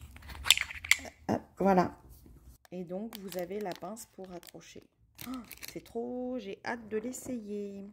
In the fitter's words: et elle se elle se clipse parment sur les côtés tout comme hop.